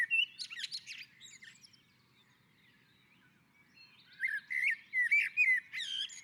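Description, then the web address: Common blackbird: scratchy high twittering at first, a quiet gap, then a fresh phrase of mellow whistles mixed with squeaky notes. On the roof. "sammel Naturinspelningar Koltrast på taket"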